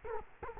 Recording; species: mosquito wingbeat signal from an infrared sensor; Culex quinquefasciatus